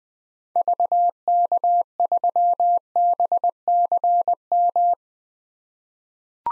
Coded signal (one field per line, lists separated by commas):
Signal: Morse code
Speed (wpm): 20 wpm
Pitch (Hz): 700 Hz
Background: none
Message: VK3BCM